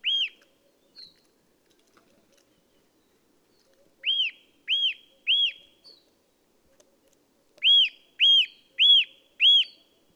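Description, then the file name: Eurasian nuthatch repeating bright whistled call notes: a couple of scattered notes, then a group of three, and finally four in steady succession. "Sitta europaea"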